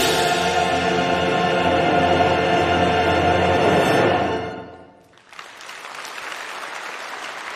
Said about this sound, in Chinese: 2021年4月10日的晚上7点，我在中山音乐堂观看了大型交响合唱音乐会《东方红》。当熟悉的《东方红》序曲响起时，现场爆发出了热烈的掌声。